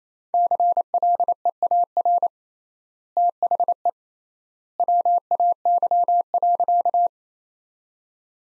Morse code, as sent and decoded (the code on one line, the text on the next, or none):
-.-. .-.. . .- .-. / - .... . / .-- .- -.-- .-.-.-
CLEAR THE WAY.